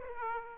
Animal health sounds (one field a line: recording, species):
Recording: mosquito wingbeat signal from an infrared sensor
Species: Aedes aegypti